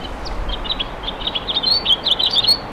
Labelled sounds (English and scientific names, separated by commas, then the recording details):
House Finch (Haemorhous mexicanus) song
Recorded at Westbury on Long Island, New York, on 27 May 2013
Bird A